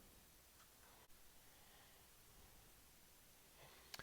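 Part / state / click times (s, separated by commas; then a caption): rifle magazine into the magazine well of a replacement laminate stock / not seated / none. A detachable magazine is pushed up into the magazine well of a Ruger American rifle fitted with a new Boyd's laminated wood stock. Over a low, steady hiss, two short knocks land near 3.9 and 4.0 seconds as the magazine bumps home. The magazine has not latched or clicked into place because the magazine catch sits too deep in the wood.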